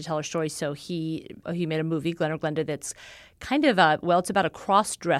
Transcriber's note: none